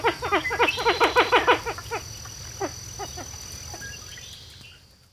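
Pied-billed grebe calling a series of hollow, downslurred notes that are loud and quick at first, then slow, fade and stop.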